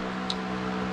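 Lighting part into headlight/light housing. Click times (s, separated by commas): 0.3 s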